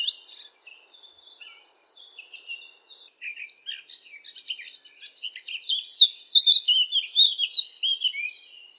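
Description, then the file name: Eurasian blackcap song, a scratchy subdued warble that breaks briefly, then returns as a louder, richer run of varied notes. "zwartkop zang"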